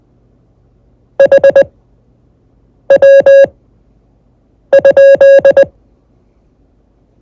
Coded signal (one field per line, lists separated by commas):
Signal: Morse code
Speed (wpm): 20 wpm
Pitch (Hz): 550 Hz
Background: none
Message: HW?